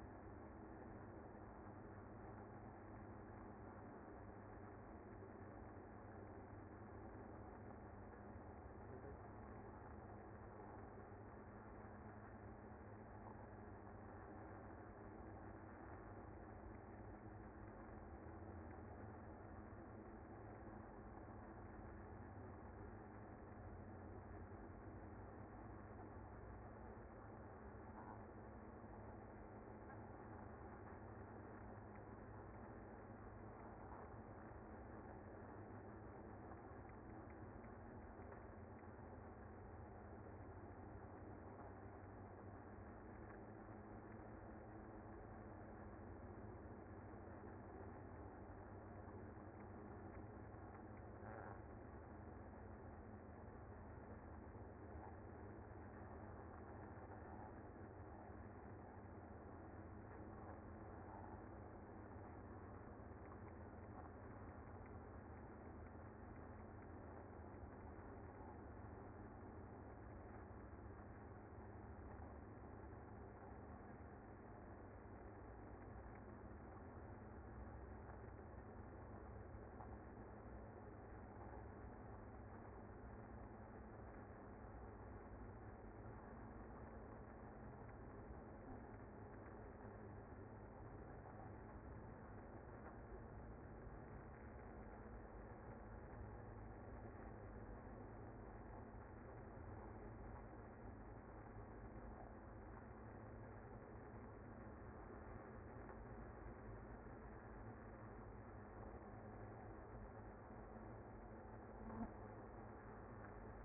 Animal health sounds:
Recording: honeybee colony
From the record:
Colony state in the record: active

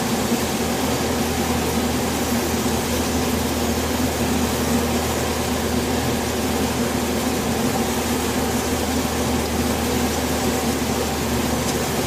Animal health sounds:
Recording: honeybee colony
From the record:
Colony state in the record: swarm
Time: day

